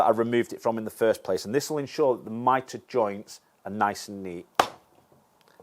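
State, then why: Seated. A plastic glazing-cassette cladding strip is pressed back onto a composite door frame while someone talks. A loud sharp knock is heard around 4.6 s. Faint clicks come at 5.4, 5.5 and 5.6 s as the cladding snaps back into place and seats.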